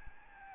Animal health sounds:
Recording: mosquito wingbeat signal from an infrared sensor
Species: Aedes albopictus

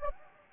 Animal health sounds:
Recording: mosquito wingbeat signal from an infrared sensor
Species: Anopheles gambiae

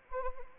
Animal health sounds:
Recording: mosquito wingbeat signal from an infrared sensor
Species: Anopheles arabiensis

